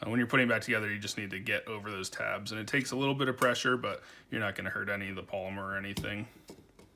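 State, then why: Not seated. A polymer base plate is being pushed back onto the body of a Glock OEM G19 Gen 5 15-round pistol magazine, needing a little pressure to get over the two small locking tabs on the magazine body. Someone talks throughout, with only a faint tick near the end. Nothing has seated or clicked yet.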